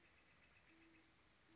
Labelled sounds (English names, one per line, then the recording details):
Band-tailed Pigeon
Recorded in Sonoma County, California